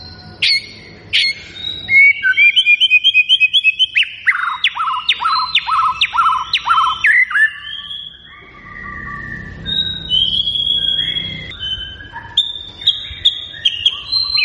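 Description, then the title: White-rumped shama song: rapid series of slurred downward notes, followed by sweet steady whistles and varied melodic phrases with short gaps. Vigorously singing bird; lure recording meant to prompt shamas to respond. "MURAI BATU GACOR"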